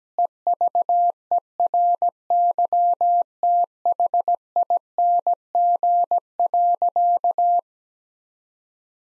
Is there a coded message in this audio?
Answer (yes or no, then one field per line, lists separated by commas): yes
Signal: Morse code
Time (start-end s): 0.2-7.6 s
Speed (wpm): 17 wpm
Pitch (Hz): 700 Hz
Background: none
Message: EVERYTHING.